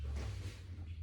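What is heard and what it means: A flip-up wheelchair armrest is being handled and moved down toward its metal frame socket, with a low steady hum and soft handling noise throughout. No click is heard; the armrest has not locked or seated yet.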